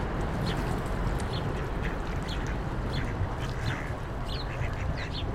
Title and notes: Kaczki i gołębie na Promenadzie Staromiejskiej cz.1 Lokalizacja: Stare Miasto Czas: 16.00. Kaczki i gołębie karmione przez przechodniów. Odgłosy przejeżdżających samochodów i autobusów. Autor nagrania: Bartosz Grzyb